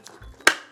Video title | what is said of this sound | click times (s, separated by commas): GARMIN ECHOMAP UHD 93SV WITH THE NEW GT56 TRANSDUCER - UNBOXING | there goes this little handle here that snaps it in place | 0.5 s